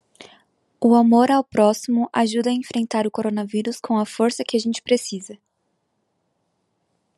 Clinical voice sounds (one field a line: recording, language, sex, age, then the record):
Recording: spoken sentence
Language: Brazilian Portuguese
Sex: female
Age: 20 to 29 years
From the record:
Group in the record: control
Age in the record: 26 years